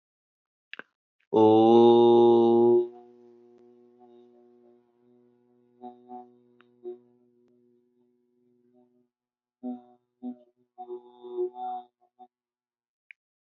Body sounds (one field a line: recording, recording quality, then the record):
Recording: sustained vowel as in boot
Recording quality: excellent, no background noise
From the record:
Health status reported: healthy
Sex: male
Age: 23 years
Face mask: not worn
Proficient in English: yes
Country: India